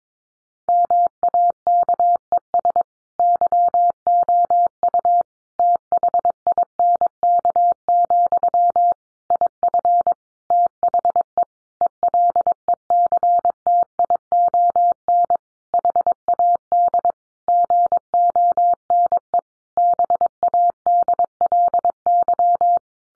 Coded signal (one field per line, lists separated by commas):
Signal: Morse code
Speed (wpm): 22 wpm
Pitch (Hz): 700 Hz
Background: none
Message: MAKES YOU THINK, IF THE ELECTION HAD GONE BADLY